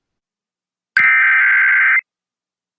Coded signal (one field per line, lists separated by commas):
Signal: Emergency Alert System (SAME) tones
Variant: header bursts